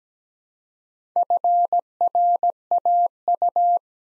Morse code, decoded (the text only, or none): FRAU